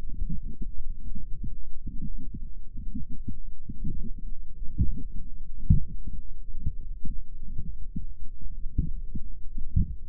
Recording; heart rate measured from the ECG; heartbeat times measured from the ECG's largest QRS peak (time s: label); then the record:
heart sounds by microphone in the right ear; 64 bpm
0.06 s: heartbeat
1.16 s: heartbeat
2.05 s: heartbeat
2.97 s: heartbeat
3.96 s: heartbeat
4.80 s: heartbeat
5.82 s: heartbeat
6.80 s: heartbeat
7.62 s: heartbeat
8.53 s: heartbeat
9.39 s: heartbeat
From the record:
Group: healthy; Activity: light exercise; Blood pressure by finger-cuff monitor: 106/63 mmHg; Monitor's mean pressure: 77 mmHg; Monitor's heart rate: 64 bpm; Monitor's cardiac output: 5.7 L/min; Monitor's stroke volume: 91 mL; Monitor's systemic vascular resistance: 960 dyn s/cm5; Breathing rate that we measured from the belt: 26 breaths a minute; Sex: female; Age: 28 years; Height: 170 cm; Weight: 77 kg